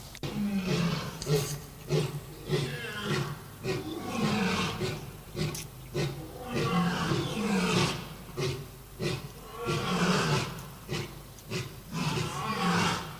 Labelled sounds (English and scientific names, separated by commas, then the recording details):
Lion (Panthera leo) call
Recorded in captivity
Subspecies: persica
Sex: pair
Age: adult
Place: Tiergarten Nürnberg, Bayern, DE
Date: 1998-11-13 10:25
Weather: overcast, ca. 2-3°C
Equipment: Sony MD-WM MZ-R3, Sennheiser MKH 416 T, Kopie Uher 4000 Report Monitor
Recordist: Tembrock, Günter
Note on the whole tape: Indischer Löwe (P.l.persica): Paar: Nachstoßen Männchen und Rufreihe des Weibchens